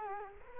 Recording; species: mosquito wingbeat signal from an infrared sensor; Culex quinquefasciatus